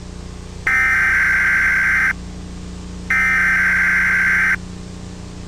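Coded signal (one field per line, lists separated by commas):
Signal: Emergency Alert System (SAME) tones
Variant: header bursts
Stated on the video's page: Fictional EAS alert about an SCP.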